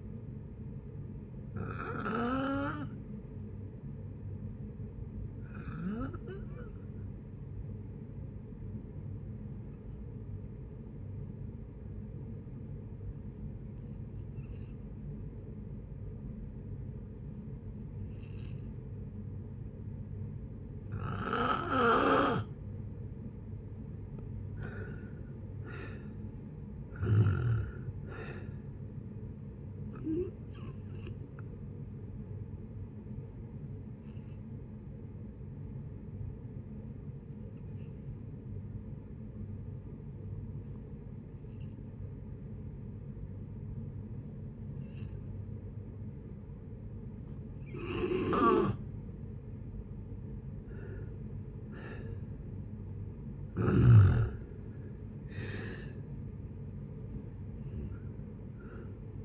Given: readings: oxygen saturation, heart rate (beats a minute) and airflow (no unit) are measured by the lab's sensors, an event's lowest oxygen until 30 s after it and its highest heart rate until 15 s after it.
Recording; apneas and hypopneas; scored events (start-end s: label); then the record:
breathing in sleep by a smartphone at the bedside; 2
6.00-22.90 s: hypopnea (N2, oxygen 93% highest, then 82% lowest)
31.00-52.80 s: hypopnea (N2, oxygen 93% highest, then 84% lowest)
55.00-59.25 s: new sleep stage, N1 (lightest sleep)
From the record:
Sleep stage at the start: N2 (light sleep); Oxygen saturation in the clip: 82 to 93%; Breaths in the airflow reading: 16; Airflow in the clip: -8.6 to 10.4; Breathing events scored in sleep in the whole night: 496 in 5.4 hours asleep